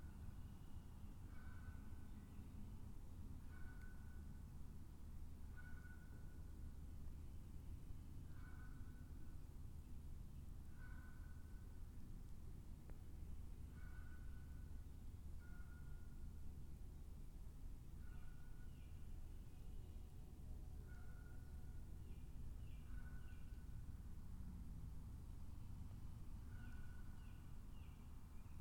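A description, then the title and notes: Woods and bog ambience with a steady low rumble, like passing traffic, running under the whole recording. A bird repeats a short, mid-pitched whistled note about every two seconds, with a few higher chirps later and a single sharp click near 13 seconds. Spring Lake Woods & Bog.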